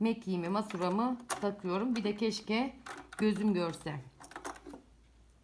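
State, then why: Not seated. A metal bobbin case, held by its latch tab, is pushed into the shuttle race of a Singer household sewing machine while someone talks. A few faint, brief handling ticks follow around 4.2–4.4 seconds. The clip ends before the case goes home, so nothing has seated or clicked yet.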